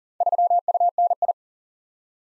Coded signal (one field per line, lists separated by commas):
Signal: Morse code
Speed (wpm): 39 wpm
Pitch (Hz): 700 Hz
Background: none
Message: 3UNI